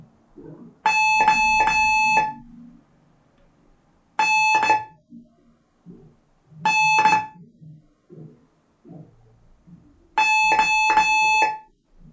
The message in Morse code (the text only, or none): O N N O